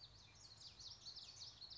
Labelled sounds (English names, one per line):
Common Yellowthroat